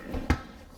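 The rear seat cushion of a Nissan Sentra, being reinstalled during a fuel pump replacement, is pushed back and down on its second side so its clip hooks into the car floor latch. After a low rustling rumble, a sharp snap lands at 0.3 s and quickly fades to quiet. The clip seats.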